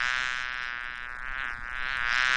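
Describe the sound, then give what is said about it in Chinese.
A housefly buzzes steadily and alone for a couple of seconds, a dense, droning hum that swells and dips slightly in pitch and loudness as it flies. “唔系蚊， 乌蝇， 乌蝇中啊！”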